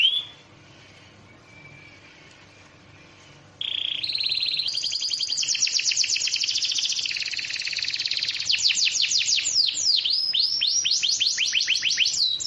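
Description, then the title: Bird song beginning after a quiet thin whistle, rising into loud rapid trills and cascading downward-swept notes for about nine seconds. Complete compilation ('masteran') of bird songs. "Masteran burung terlengkap"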